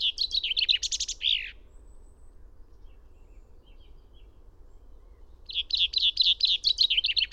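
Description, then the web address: Finch song given twice: a quick cascading trill of high notes ending in a downward flourish, then several seconds of quiet before a second similar phrase begins. "fugl b-finke"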